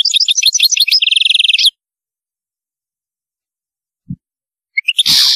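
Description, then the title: European goldfinch song: a fast tinkling twitter ending in a buzzy trill, then silence, a low thump and a sharp noisy burst at the end. "Chant Chardonneret"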